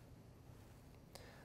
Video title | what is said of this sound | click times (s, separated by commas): CapsuleClose Scorpion™ Suture Passer | load it in the lower jaw again you'll feel click and engage in that jaw to know it's fully seated | 1.2 s